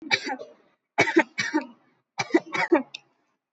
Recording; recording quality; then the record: shallow voluntary cough; excellent, no background noise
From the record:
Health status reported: COVID-19 positive, mild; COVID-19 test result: positive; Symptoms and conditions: cold, fever, muscle pain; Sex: female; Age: 19 years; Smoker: no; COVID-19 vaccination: one dose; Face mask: not worn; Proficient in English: yes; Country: India